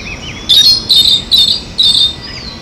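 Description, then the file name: Eastern slaty thrush song: four loud, high, scratchy sibilant bursts spaced about half a second apart, with faint thin notes between them and soft background hiss. Recorded at Itatiaia National Park, Rio de Janeiro, Brazil, dated 9-10-95. "Turdus-subalaris-PNItatiaia-RJ-9-10-95-ASilveira"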